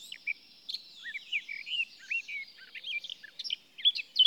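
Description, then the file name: Eurasian blackcap rambling warble of twisting whistles and scratchy notes, steady and continuous, ending with a few sharper bright notes. "Sylvia atricapilla"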